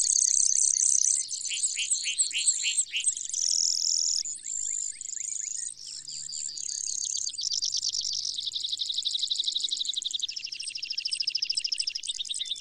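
Brewer's sparrow song, a long unbroken sequence of high, dry buzzy trills changing rate every few seconds, with faint low background rumble.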